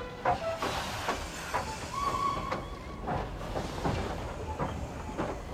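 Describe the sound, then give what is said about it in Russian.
A train pulls away and rolls along the rails, with a steady hiss, low rumbling and regular clacking bursts, plus a brief high whistling tone in the middle. “Тронувшийся поезд поверг в оцепенение.”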